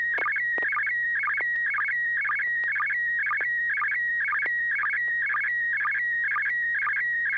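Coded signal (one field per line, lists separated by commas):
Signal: SSTV (slow-scan television)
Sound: steady whistling tone broken by rhythmic warbling chirps about twice a second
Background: low hum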